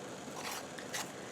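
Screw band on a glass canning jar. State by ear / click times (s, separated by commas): not seated / none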